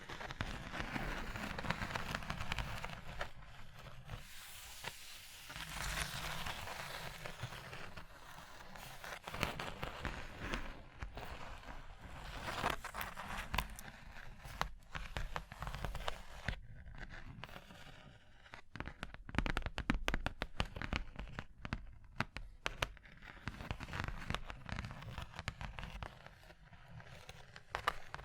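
Tapping, scratching and tracing on a surface, with dense rustling strokes through the first half and brighter crackling scrapes around six and fourteen seconds. After about sixteen seconds the sound breaks into sharp, irregular taps and clicks, quick and closely spaced, continuing to the end.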